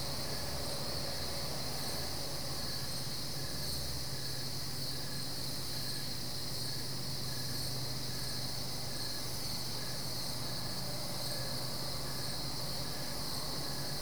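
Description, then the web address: Crickets keep up an unbroken shrill chorus, with regular faint chirps pulsing through and a low droning hum underneath. Crickets at night, Goldens Bridge, New York State, USA; BBC Sound Effects Library, America CD. "The BBC Sound Effects Library - Complete 60 CDs Collection Sound Effects Library- (America) Goldens Bridge, NY State - crickets at night"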